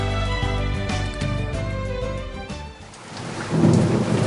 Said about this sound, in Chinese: 趁落雨装翻啲水咯。